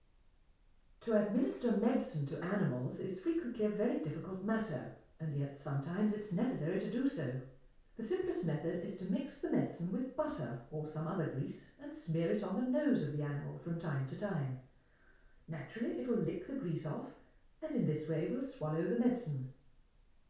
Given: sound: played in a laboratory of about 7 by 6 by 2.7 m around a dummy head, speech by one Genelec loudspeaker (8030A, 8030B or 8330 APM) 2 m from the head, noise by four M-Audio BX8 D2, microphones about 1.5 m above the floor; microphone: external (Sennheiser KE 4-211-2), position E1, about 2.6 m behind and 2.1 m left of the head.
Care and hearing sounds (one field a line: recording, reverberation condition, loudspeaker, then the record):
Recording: female speech in English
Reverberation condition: medium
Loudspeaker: behind (180 degrees)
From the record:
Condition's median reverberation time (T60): about 510 ms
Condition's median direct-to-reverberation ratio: about -0.5 dB